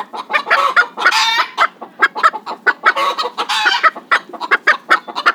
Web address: chickens